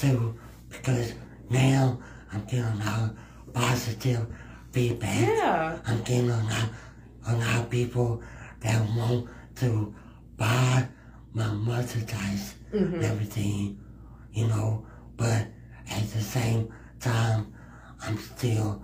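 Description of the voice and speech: A 45-year-old man with cerebral palsy speaks slowly in short, choppy bursts with frequent pauses. Consonants are blurred or dropped, words run together, and the voice sounds nasal, so phrases like "getting a lot of" come out slurred. This is a speech impediment caused by his cerebral palsy.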